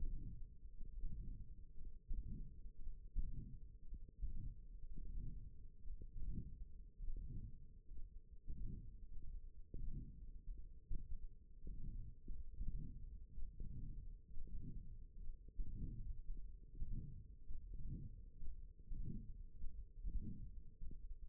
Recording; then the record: forearm muscle sounds (acoustic myography)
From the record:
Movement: index flexion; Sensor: system 1, eight BSWA MPA416 microphones around the upper forearm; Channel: 4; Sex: male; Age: 23 years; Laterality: right